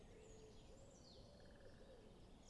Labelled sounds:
Great Spotted Woodpecker (Dendrocopos major)
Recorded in Germany
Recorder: ecoPi

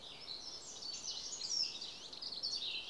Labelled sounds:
Eurasian Blackcap (Sylvia atricapilla)
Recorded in Germany
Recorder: ecoPi

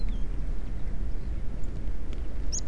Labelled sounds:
Song Thrush (Turdus philomelos)
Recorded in Germany
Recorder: ecoPi

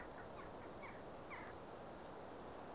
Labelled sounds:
Song Thrush (Turdus philomelos)
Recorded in Germany
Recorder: ecoPi

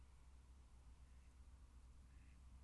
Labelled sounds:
Mallard (Anas platyrhynchos)
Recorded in Germany
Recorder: ecoPi

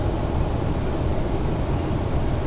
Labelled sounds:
Song Thrush (Turdus philomelos)
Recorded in Germany
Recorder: ecoPi

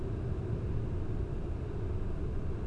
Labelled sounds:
none
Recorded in Germany
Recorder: ecoPi

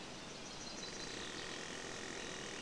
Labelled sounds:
Common Chaffinch (Fringilla coelebs)
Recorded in Germany
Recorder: ecoPi

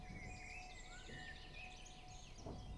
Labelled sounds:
Common Chaffinch (Fringilla coelebs)
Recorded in Germany
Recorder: ecoPi

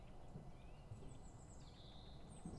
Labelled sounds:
Common Blackbird (Turdus merula)
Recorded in Germany
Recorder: ecoPi

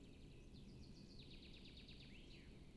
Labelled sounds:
Common Chaffinch (Fringilla coelebs)
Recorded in Germany
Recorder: ecoPi

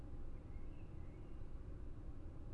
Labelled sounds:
Common Blackbird (Turdus merula)
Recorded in Germany
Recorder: ecoPi

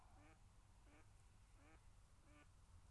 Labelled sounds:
Mallard (Anas platyrhynchos)
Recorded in Germany
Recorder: ecoPi

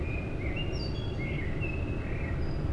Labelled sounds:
Common Blackbird (Turdus merula)
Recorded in Germany
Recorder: ecoPi

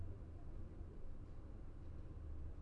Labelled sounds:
none
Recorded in Germany
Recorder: ecoPi

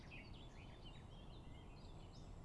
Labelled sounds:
Eurasian Blackcap (Sylvia atricapilla)
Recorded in Germany
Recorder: ecoPi

